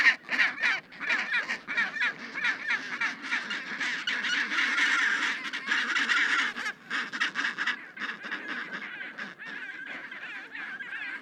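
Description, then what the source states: Penguins calling in a dense colony chorus, overlapping harsh braying and honking calls from many birds in a continuous noisy din. Recorded in Antarctica.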